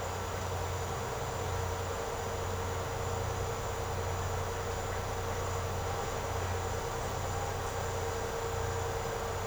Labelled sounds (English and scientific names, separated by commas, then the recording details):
none
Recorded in secondary vegetation near Puerto Asís, Putumayo, Colombia, on 13 March 2025 at 08:30
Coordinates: 0.468, -76.324
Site G059